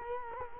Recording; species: mosquito wingbeat signal from an infrared sensor; Culex quinquefasciatus